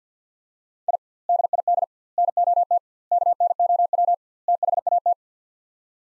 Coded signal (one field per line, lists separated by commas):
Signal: Morse code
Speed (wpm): 50 wpm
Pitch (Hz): 700 Hz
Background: none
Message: I DID NOT KNOW THAT